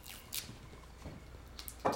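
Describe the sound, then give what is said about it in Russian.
Thick soup from a saucepan glugs and slops into a bowl with soft, wet squelches and a few splashy drips, ending in a louder splat. “Она наливает суп в миску и ставит кастрюлю в мойку.”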